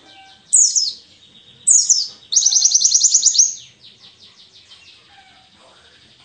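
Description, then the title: White-eye song in short outbursts: two harsh high chirp bursts, then a quick buzzy trill, followed by softer descending notes. Wild forest-type white-eye (pleci ngalas); song intended as fill-in material for masteran, tutoring caged songbirds. "mster Mnuk. Pleci ngalas isian untuk masteran"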